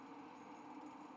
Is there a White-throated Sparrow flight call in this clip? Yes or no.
no